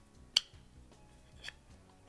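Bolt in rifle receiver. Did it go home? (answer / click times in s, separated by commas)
yes / 0.4 s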